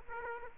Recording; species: mosquito wingbeat signal from an infrared sensor; Aedes aegypti